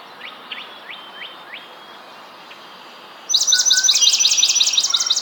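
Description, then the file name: Swamp Sparrow song: after a few soft, spaced downslurred notes, a loud, even trill of rapidly repeated high syllables begins and runs to the end. "Melospiza georgiana - Swamp Sparrow"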